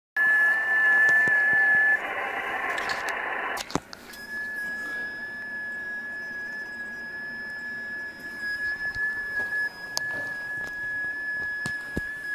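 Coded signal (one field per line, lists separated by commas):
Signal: FT8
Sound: a steady, slightly warbling single tone near 1.7 kHz over hiss, with a brief noise burst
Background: radio static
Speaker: well then it seems my Rubik's is working okay on ft8 modes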